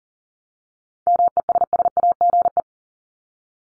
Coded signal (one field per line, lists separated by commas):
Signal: Morse code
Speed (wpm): 39 wpm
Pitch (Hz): 700 Hz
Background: none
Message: MESSAGE